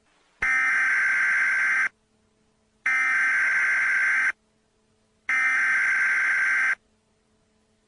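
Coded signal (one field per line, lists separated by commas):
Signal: Emergency Alert System (SAME) tones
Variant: header bursts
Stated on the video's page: Simulated EAS scenario.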